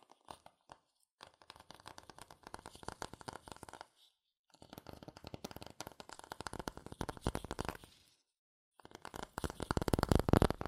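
Fast tapping and scratching on cardboard and paper, dense clusters of sharp dry ticks and rasps running in bursts. Short silences break the activity near 4, 8 and 9 seconds, and the final burst is the loudest and busiest.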